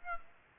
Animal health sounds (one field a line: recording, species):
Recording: mosquito wingbeat signal from an infrared sensor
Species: Aedes aegypti